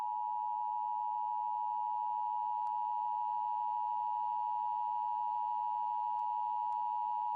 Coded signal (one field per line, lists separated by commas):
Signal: Emergency Alert System (SAME) tones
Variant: 853 and 960 Hz attention tone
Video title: EAS ALERT PRANK (STAR WARS ATTACK)